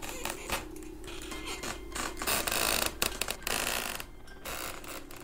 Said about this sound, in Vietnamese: Tiếng kẽo kẹt vẫn cứ vang lên. Dường như là cái ghế nó đang tự có người đưa vậy.